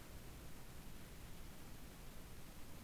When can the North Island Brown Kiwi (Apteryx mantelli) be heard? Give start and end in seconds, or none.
none